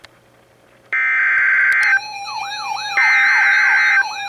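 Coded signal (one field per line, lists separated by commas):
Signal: Emergency Alert System (SAME) tones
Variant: header bursts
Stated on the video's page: Real Severe Thunderstorm Warning from the Milwaukee, Wisconsin NOAA Weather Radio station.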